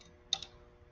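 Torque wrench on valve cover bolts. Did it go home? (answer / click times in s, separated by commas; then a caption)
yes / 0.3 s. A torque wrench tightening valve cover bolts during a valve cover gasket replacement gives a single sharp click at 0.3 s as it reaches its setting, followed by a fainter tick at about 0.4 s. The rest of the clip is a low, steady background hum.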